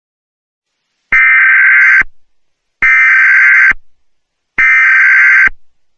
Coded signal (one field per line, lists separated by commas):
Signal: Emergency Alert System (SAME) tones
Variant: header bursts